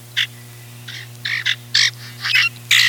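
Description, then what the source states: Common grackle calls: a series of short, harsh, squeaky bursts at irregular intervals, several in all, over a steady low electrical hum. Males in spring; their varied noises, comical or irritating, serve mainly as communication calls between males.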